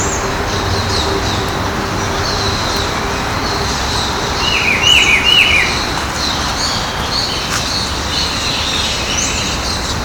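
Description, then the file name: Rufous-browed peppershrike song: one rich warbled phrase of quick notes midway through, with thin high chirps from other birds and a soft background hum. Ibirapuera Park, São Paulo, Brazil; dated 30-10-12. "Cyclarhis-gujanensis-Ibirapuera Park-SP-Brazil-30-10-12-ASilveira"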